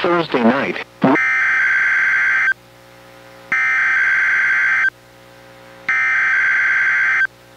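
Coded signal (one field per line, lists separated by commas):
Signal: Emergency Alert System (SAME) tones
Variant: header bursts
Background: speech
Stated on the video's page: Weekly test relayed by NOAA Weather Radio KEC91, recorded from a Reecom R-1630 weather radio through a Zoom H1 recorder.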